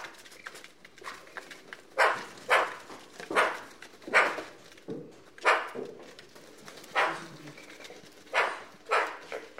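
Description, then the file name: Eurasian magpie calling with coarse, grating notes, often in quick pairs, separated by short pauses over a low background hiss. "Pica pica"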